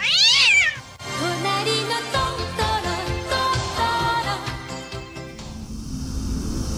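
A single high, drawn-out cat meow rises and falls at the very start, then gives way to loud instrumental music with a steady beat.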